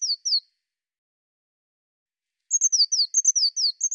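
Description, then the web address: Bird gives two high falling notes, then after a pause a rapid, jumbled run of high slurred and flat notes. "cianscape birddata Deverinetal 2025 File cleaned normalized Bird Cy Ca"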